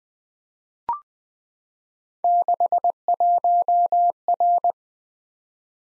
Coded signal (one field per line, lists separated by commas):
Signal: Morse code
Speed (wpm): 20 wpm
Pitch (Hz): 700 Hz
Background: none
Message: 61R